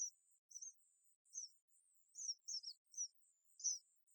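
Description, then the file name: House sparrow giving clipped high chirps, single or paired, spaced irregularly, over a faint thin electronic tone. "Passer domesticus"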